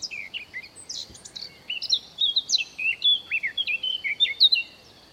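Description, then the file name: Eurasian blackcap delivering a varied warbling song of chattering notes and clear downslurred whistles, louder in its latter part. "Sylvia atricapilla"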